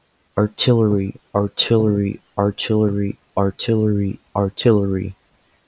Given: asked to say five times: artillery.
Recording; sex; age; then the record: repeated word; male; 20 to 29 years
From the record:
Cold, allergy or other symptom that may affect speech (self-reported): no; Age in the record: 22 years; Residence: Georgia, United States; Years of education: 16